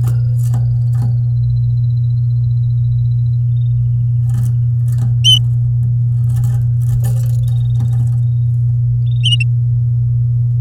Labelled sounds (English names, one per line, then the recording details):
Domestic Canary song
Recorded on 11 May 2018 at 09:08
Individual llb16